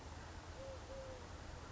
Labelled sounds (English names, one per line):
Eurasian Collared Dove